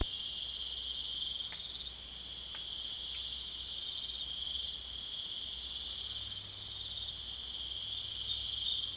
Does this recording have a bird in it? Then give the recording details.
no. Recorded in secondary vegetation near Puerto Asís, Putumayo, Colombia, on 22 June 2025. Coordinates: 0.488, -76.319. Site G094